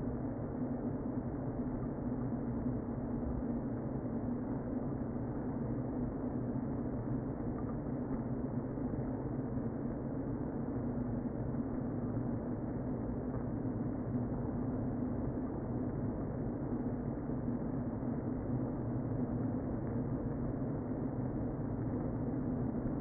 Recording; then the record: honeybee colony, microphone inside the hive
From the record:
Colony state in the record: queen present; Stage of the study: before two queens were removed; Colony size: about 60,000 bees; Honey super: yes